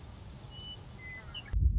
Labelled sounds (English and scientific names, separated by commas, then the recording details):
Western Meadowlark (Sturnella neglecta)
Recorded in Sonoma County, California